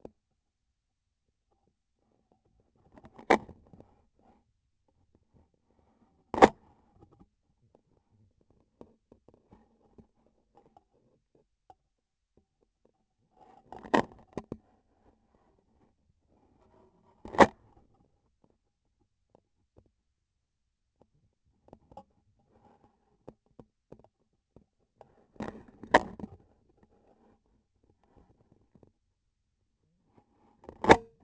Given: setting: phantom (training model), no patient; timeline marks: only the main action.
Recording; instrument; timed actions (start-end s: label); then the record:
laparoscopic instrument, vibration sensor on the handle end; scissors
6.24-6.67 s: cutting PTFE tape
17.16-17.63 s: cutting PTFE tape
30.57-31.14 s: cutting PTFE tape
From the record:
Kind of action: gesture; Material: PTFE tape